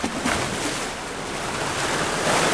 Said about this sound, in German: Zu viel Wind heute für Touristenboote. Der Hafen von Village Bay liegt verlassen. Atlantikschwell überspült den kleinen Anleger.